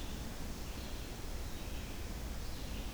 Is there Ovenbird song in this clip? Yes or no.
no